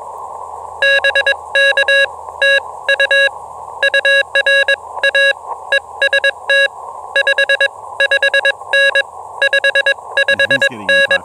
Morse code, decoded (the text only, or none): BK TU URA EST 55N 55N